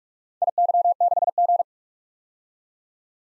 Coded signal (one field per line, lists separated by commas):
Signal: Morse code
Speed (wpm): 43 wpm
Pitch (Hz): 700 Hz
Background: none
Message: IY6G